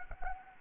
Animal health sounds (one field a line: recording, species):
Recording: mosquito wingbeat signal from an infrared sensor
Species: Anopheles gambiae